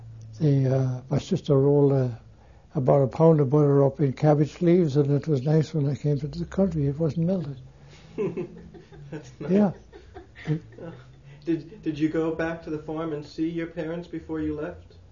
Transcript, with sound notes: the, uh, my sister rolled about a pound of butter up in cabbage leaves and it was nice when I came to this country. It wasn't melted. (They laugh.) Yeah.
That's nice. Did you go back to the farm and see your parents before you left?